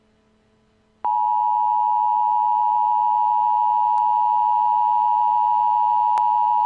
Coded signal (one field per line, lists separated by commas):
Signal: Emergency Alert System (SAME) tones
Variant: 853 and 960 Hz attention tone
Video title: The Silence Above An EAS Scenario Remastered EAS #1